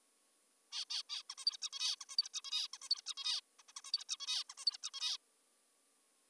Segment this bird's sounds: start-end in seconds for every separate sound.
0.72-0.85, 0.90-1.03, 1.10-1.23, 1.30-1.35, 1.38-1.45, 1.46-1.57, 1.62-1.70, 1.73-1.96, 2.00-2.05, 2.10-2.16, 2.18-2.29, 2.34-2.41, 2.44-2.68, 2.74-2.78, 2.82-2.89, 2.90-3.01, 3.06-3.14, 3.17-3.40, 3.59-3.63, 3.69-3.72, 3.77-3.81, 3.85-3.92, 3.93-4.04, 4.09-4.17, 4.20-4.44, 4.50-4.54, 4.58-4.65, 4.66-4.78, 4.83-4.90, 4.94-5.17